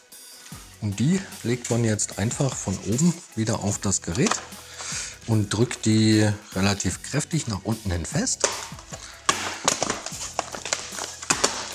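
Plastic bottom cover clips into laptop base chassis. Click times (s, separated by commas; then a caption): 9.3 s, 9.7 s, 9.8 s, 10.7 s, 11.3 s, 11.4 s. The plastic bottom cover of an Asus VivoBook 15 D509DA laptop is laid back onto the base chassis from above and pressed down firmly while someone talks. Its retaining clips snap into place one after another with sharp clicks at 9.3, 9.7, 9.8, 10.7, 11.3 and 11.4 seconds, and the cover is seated.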